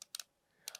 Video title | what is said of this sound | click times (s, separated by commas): పొట్ట లేకుండా పోతుంది.. , 2రోజులు తరువాత మీ పొట్ట కనిపించదు వెతుకోవడమే - Dr. Ravikanth Kongara | సౌండ్ వస్తుంది చూడండి | 0.0 s, 0.1 s, 0.2 s, 0.7 s, 0.8 s